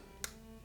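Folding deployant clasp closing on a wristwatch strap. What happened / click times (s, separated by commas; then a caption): The folding watch clasp clicked shut / 0.2 s. A folding deployant clasp on the gold strap of an Audemars Piguet Royal Oak Rose Gold Chronograph wristwatch, model 26331OR.OO.D315CR.01, is folded closed. A single sharp, bright click at 0.2 s stands out over a quiet, steady background hum. The clasp clicks shut and the watch is confirmed closed.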